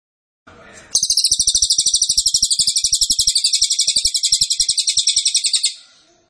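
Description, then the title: Cililin: short rustle of noise, then a cililin delivers a long, piercing, rapidly repeated trill of uniform pulses for nearly five seconds, then fading out. Cililin song, used to teach songbirds. "Cililin AMPUH. Masteran Burung cililin masteran sang juara"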